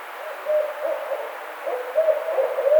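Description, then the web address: Barred owl hooting, a string of low wavering hoots that grow louder toward the end over a steady hiss. Recorded 4 May 2009. "sounds birds Barred Owl 2009 05 04 Barred Owl"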